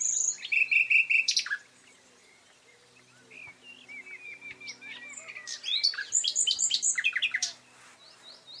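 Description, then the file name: Common nightingale song: loud repeated chattering notes, a quieter run of slurred whistles, then another intense rattling phrase, with background hiss. "Luscinia megarhynchos"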